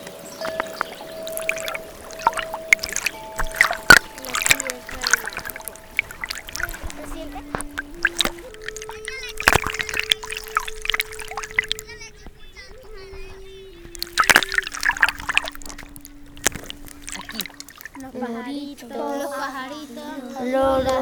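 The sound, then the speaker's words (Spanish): Water flows and splashes in irregular, hissing bursts, mixed with steady held tones that step in pitch and some voice-like warbling toward the end. “¿Y el agua se sigue escuchando?”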